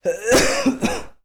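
An adult coughs.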